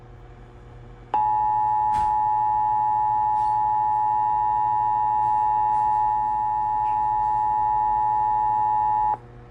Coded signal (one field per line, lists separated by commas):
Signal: Emergency Alert System (SAME) tones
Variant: 853 and 960 Hz attention tone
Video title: Tornado Watch EAS #2 on KDSX LPAM&FM